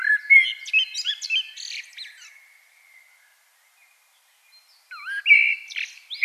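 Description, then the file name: Common blackbird song: a warbled, fluty phrase with a scratchy high finish, a pause of a couple of seconds, then another rich whistled phrase begins. "Turdus merula"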